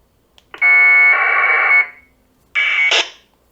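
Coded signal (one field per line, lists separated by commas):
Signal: packet radio (AX.25, as in APRS)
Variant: 1200 baud AFSK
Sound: two brief harsh warbling data bursts, each opening with a steady high tone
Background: radio squelch noise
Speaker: No i mamy drugie radio obok. No i zobaczmy, czy coś tutaj te nasze nadaje.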